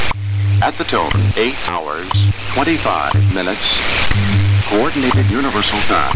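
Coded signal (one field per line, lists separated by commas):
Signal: radio time signal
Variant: WWV/WWVH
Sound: male voice announcement over shortwave hiss with a low hum pulsing on and off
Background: radio static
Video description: WWV + WWVH 10MHz, -65dBFS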